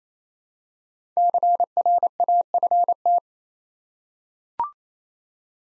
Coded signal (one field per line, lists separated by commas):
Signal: Morse code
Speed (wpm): 28 wpm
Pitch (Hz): 700 Hz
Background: none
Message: CRAFT